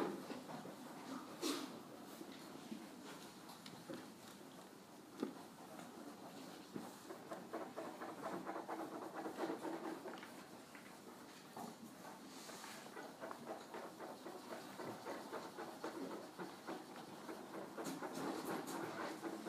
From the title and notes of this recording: 美术高考的考场/The examination room of fine arts college entrance（人造/广州/2016下午）.